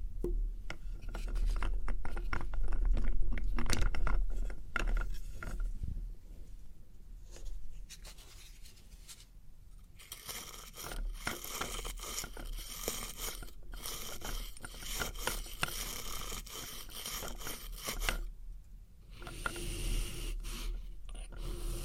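Experimental triggers in test tubes: close scratching, rubbing and scraping sounds that come in dense bursts with short gaps. The first seconds carry sharper taps and clicks; from about ten seconds on the texture turns into a brighter, steadier hiss of rubbing, with a brief pause near eighteen seconds.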